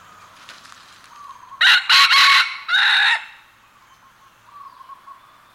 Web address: redjunglefowl